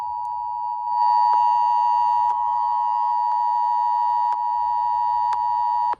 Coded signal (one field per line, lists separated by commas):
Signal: Emergency Alert System (SAME) tones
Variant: 853 and 960 Hz attention tone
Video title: Severe Thunderstorm Warning (EAS #262)